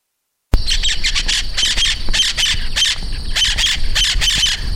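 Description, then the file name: Bird giving harsh, squawking calls in quick bursts, repeated steadily after a brief silent start, with low rumbling background noise. "SABIOD 50 bird 2015"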